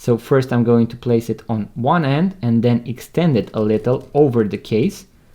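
A plastic watch guard is placed on one end of a Casio Baby-G / G-Shock wristwatch case during a battery replacement, then stretched a little over the rest of the case while someone talks throughout. Nothing has snapped or seated yet by the end of the clip.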